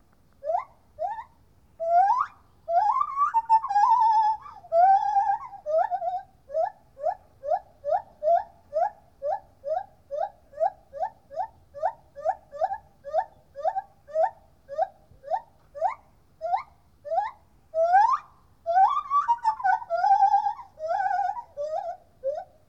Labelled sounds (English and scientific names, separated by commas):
Lar Gibbon (Hylobates lar)